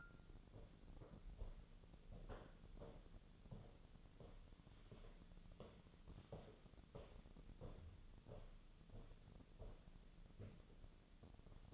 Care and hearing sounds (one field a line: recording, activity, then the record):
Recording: daily activity, microphone in the room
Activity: walk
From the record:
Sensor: 4